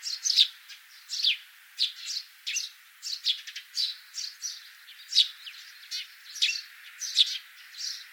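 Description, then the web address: Sparrows chirping in a busy, overlapping chatter of short bright chirps in quick succession throughout. Common sparrows. "Sound Effects-Foundation BIRD SPARROWS COMMON"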